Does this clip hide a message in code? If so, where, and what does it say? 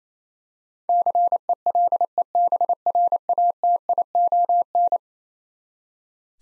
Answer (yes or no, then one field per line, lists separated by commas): yes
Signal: Morse code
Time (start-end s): 0.9-5.0 s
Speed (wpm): 27 wpm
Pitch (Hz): 700 Hz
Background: none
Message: CELEBRATION